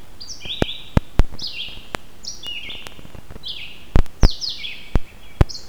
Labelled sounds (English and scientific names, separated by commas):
Red-eyed Vireo (Vireo olivaceus) song